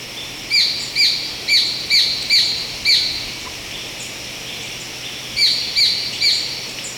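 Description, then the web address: Black-billed treehunter call series: harsh, squawky notes repeated roughly twice a second in two bursts separated by a pause, over a steady high insect-like hum. Ecuador. "Birds of Ecuador 2. Black-Billed Treehunter"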